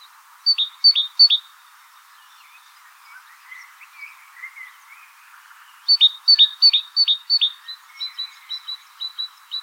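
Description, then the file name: Great tit song: three bright two-note phrases, a pause with soft warbling, then a longer run of several phrases fading into lighter notes. "Parus major"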